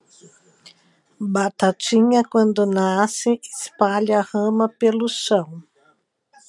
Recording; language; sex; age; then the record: short text; Brazilian Portuguese; female; 40 to 49 years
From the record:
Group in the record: control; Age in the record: 46 years